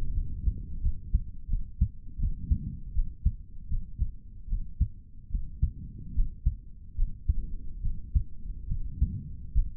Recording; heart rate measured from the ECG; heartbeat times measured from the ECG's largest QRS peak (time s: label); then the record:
heart sounds by stethoscope; 77 bpm
0.11 s: heartbeat
0.80 s: heartbeat
1.48 s: heartbeat
2.18 s: heartbeat
2.93 s: heartbeat
3.68 s: heartbeat
4.47 s: heartbeat
5.29 s: heartbeat
6.14 s: heartbeat
6.96 s: heartbeat
7.81 s: heartbeat
8.67 s: heartbeat
9.52 s: heartbeat
From the record:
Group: healthy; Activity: rest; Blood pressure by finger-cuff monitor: 94/50 mmHg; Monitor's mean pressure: 64 mmHg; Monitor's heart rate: 76 bpm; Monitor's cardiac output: 4.8 L/min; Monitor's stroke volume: 60 mL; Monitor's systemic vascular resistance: 1020 dyn s/cm5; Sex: male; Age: 55 years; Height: 167 cm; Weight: 57.2 kg